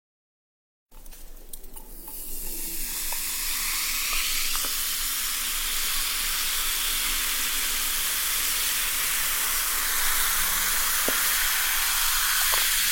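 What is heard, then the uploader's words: Sparkling soda water fizzes in a steady, dense hiss after about a second of silence, swelling over the first few seconds and then holding even. Faint tiny pops and ticks of bursting bubbles dot the bright fizz throughout. The freshness of sparkling soda water.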